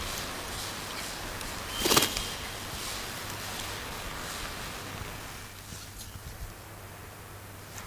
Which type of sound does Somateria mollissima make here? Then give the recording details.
call. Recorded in captivity. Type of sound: call. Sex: group. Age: adult. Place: Zoo Rostock, Mecklenburg-Vorpommern, DE. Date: 1984-02-04. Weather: overcast, 3°C, gusty winds. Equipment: Nagra SN, Kopie Uher 4000 Report Monitor. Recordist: Tembrock, Günter. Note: Einige Laute von Männchen und Weibchen